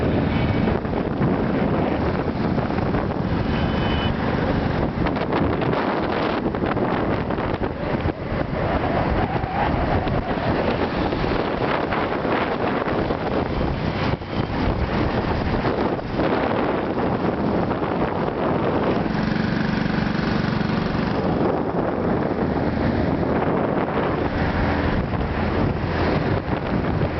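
A motorbike ride into Da Nang City, dominated by a steady, dense roar of engine and wind buffeting the microphone. The noise stays loud and constant throughout, with a low rumble underneath and brief gusty swells, especially around the twentieth second.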